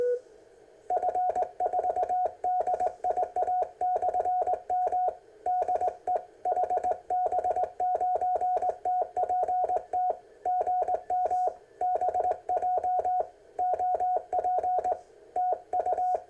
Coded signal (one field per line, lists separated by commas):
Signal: Morse code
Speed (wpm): 19 wpm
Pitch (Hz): 730 Hz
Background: none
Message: F4DIA/M DE HB9TPT GM BJ OP TU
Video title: Ten Tec Kit 40m Band